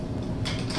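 The rear wheel axle of a jogging stroller, with its brake clasp, is lined up with the slot in the stroller frame and pushed toward the spring-loaded mount. Steady low handling rumble gives way to a brighter broadband scrape from about 0.4 s, with a sudden louder burst at 0.7 s. Nothing has seated or clicked yet; the wheel is still being handled, not yet locked into place.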